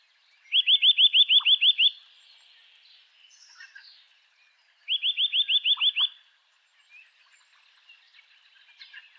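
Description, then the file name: Eurasian nuthatch: two bursts of quick, piping upslurred notes, roughly eight each, separated by a few seconds of faint bird chatter. "Sitta europaea"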